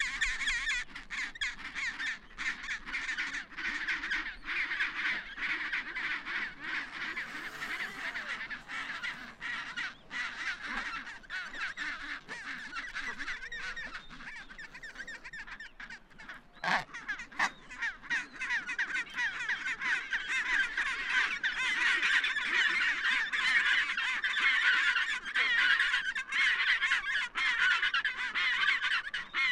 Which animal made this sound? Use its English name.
Chinstrap Penguin